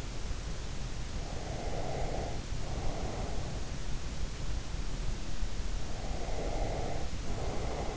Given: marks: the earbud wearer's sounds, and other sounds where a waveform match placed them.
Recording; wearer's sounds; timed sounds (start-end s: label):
sounds in sleep by an in-ear microphone; breath
1.19-3.45 s: breath
5.78-7.97 s: breath